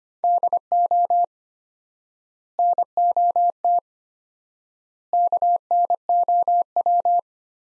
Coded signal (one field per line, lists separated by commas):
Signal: Morse code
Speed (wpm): 25 wpm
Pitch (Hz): 700 Hz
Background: none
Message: DO NOT KNOW